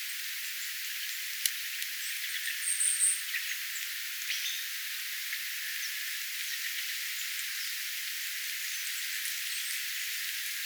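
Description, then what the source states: Thrush in subdued twittering song: a bright high trill near three seconds, then scattered scratchy chirps and short whistled notes. Twittering song with varied song themes; possibly a sinihohtorastas or another more eastern yellow-billed thrush species.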